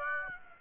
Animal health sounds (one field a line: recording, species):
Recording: mosquito wingbeat signal from an infrared sensor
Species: Aedes aegypti